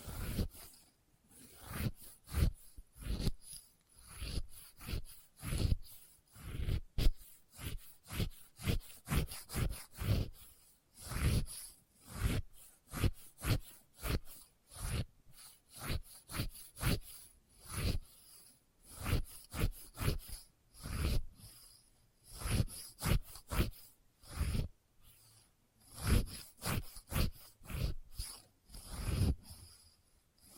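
Experimental triggers with test tubes: a steady run of short scraping and rubbing strokes, two or three per second, each a dry rasp with some low thump. The strokes come in loose bursts and pauses throughout, with a faint high whine in the background.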